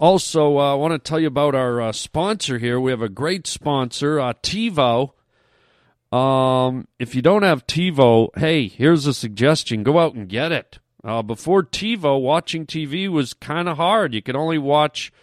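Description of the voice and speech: Clear, fluent adult male speech reading a sponsor advertisement, with a brief pause, steady pitch and ordinary voice.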